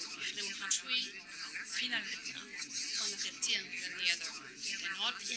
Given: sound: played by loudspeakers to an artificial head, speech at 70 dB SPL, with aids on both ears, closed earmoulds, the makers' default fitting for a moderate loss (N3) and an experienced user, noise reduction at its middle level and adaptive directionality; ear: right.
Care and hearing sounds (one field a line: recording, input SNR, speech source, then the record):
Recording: speech test signal (ISTS) in cocktail-party noise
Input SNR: -6 dB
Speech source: in front (0 degrees)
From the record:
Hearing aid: class 1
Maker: J